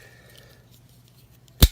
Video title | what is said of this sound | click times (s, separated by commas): Knife Chats Almost Live: Beautiful Ugly Knives | really cool knife blade there hear that snap that really locks in place | 1.6 s